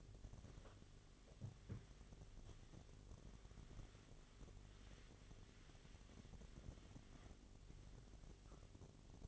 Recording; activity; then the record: daily activity, microphone in the room; wipe stove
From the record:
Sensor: 4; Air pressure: 1007.9 hPa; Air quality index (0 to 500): 197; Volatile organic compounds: 7 ppm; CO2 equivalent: 1967 ppm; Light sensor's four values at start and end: 22/71/27/26 and 23/71/27/26